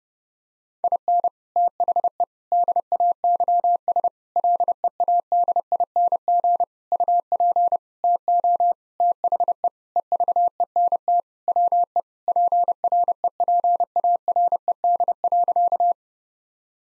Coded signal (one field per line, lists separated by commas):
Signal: Morse code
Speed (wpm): 32 wpm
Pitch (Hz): 700 Hz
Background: none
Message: IN THE DAYS LEADING UP TO THE EVENT WE PREPARED.